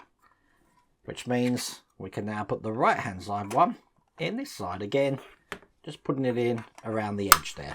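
Someone talks while pressing the right-hand plastic window piece of a 1:8 scale Batman Tumbler model in around the edge of the passenger compartment front panel, with a brief sharp tap near 7.3 seconds. Nothing has seated or clicked yet; the clip ends just before the piece goes home.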